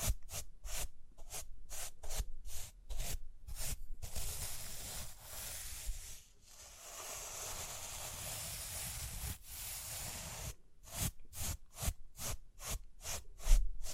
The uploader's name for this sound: Rhinestone Tapping, Scratching, Brushing